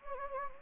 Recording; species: mosquito wingbeat signal from an infrared sensor; Anopheles gambiae